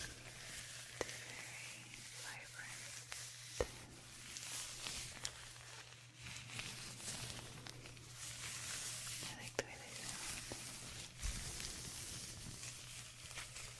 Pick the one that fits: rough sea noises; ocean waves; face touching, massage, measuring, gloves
face touching, massage, measuring, gloves